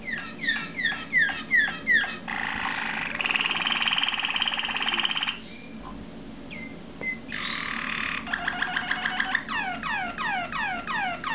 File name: malinois waterslager omkicau